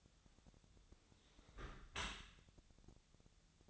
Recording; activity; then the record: daily activity, microphone in the room; close dishwasher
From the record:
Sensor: 3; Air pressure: 1006.8 hPa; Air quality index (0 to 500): 208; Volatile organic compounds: 19 ppm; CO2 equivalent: 2654 ppm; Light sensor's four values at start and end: 11/26/11/11 and 11/26/11/11